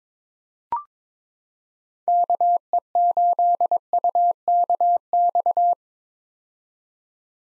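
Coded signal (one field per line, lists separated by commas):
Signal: Morse code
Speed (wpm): 22 wpm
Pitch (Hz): 700 Hz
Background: none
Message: KE8UKX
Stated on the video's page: Morse drill at 22 wpm for head-copying common POTA hunter callsigns, each sent, spoken, then sent again.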